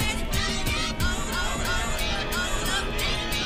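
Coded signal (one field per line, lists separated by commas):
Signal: none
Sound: music beeps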